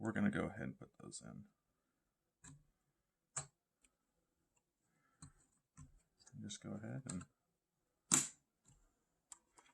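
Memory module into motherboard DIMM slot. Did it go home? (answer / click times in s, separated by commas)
yes / 8.1 s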